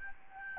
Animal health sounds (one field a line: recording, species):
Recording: mosquito wingbeat signal from an infrared sensor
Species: Aedes albopictus